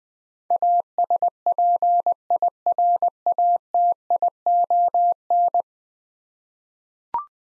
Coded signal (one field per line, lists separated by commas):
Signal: Morse code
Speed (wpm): 20 wpm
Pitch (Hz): 700 Hz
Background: none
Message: ASPIRATION